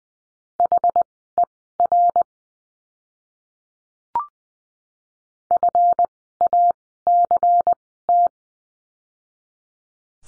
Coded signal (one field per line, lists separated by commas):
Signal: Morse code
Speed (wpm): 20 wpm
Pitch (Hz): 700 Hz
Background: none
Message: HER FACT